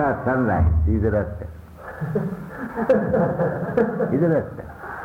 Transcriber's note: laughter